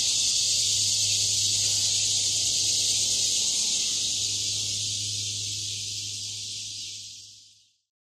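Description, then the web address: Insects giving a shrill, continuous buzzing drone that stays steady, then gradually fades away in the final seconds, over a low constant hum. "насекомые"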